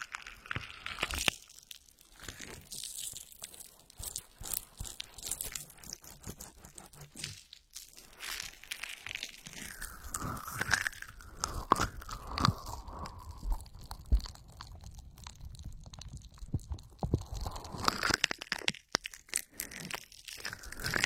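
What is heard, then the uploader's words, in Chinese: Ear massage with oil: slick, squelching rubs and crackly, crunchy friction sounds fill the recording almost without pause. The texture stays dense and bright, with a gliding, squeaky swish around ten to twelve seconds and a brief near-silent gap near nineteen seconds. 精油揉耳按摩。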